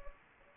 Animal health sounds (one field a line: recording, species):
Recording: mosquito wingbeat signal from an infrared sensor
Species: Anopheles gambiae